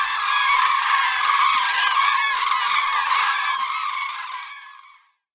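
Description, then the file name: Common crane chorus, dense overlapping trumpeting forming a continuous roar that fades out at the end. "ZURAW"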